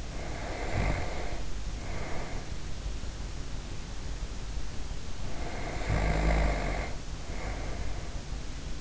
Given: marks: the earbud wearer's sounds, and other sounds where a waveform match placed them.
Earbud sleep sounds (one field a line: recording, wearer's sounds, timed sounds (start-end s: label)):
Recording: sounds in sleep by an in-ear microphone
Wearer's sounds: snoring breath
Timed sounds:
0.00-2.78 s: snoring breath
5.14-8.31 s: snoring breath